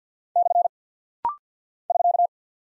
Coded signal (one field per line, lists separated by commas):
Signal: Morse code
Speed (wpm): 50 wpm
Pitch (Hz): 700 Hz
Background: none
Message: / <SK>